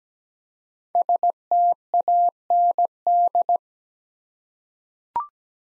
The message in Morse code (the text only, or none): STAND